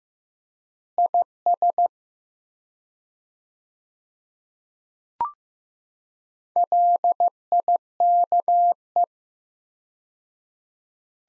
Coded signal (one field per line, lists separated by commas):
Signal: Morse code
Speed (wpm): 15 wpm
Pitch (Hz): 700 Hz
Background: none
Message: IS LIKE